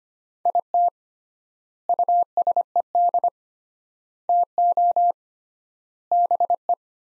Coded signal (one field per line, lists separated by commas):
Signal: Morse code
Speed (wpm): 25 wpm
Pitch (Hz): 700 Hz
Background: none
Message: IT USED TO BE